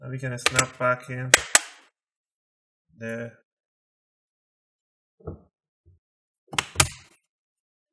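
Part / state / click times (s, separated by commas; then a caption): plastic top case clips into laptop bottom chassis / seated / 6.5 s, 6.6 s, 6.8 s. Someone talks while reassembling an Acer Aspire E1-422 laptop, pressing the plastic top case (palm rest) back onto the bottom chassis, and that clicking is fine. Sharp snaps ring out at 6.5, 6.6 and 6.8 seconds as the corner clips snap into place, and the top case is seated.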